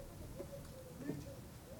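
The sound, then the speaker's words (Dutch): A dove coos softly in a low, hollow tone, its short repeated notes rising and falling in a steady rhythm over a constant hiss of background noise; recorded with a parabolic microphone about 30 metres from a house on a quiet Sunday morning in fine weather. “Begint op de plekken even heen te koeren voor ons.”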